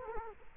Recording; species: mosquito wingbeat signal from an infrared sensor; Culex quinquefasciatus